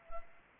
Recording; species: mosquito wingbeat signal from an infrared sensor; Anopheles arabiensis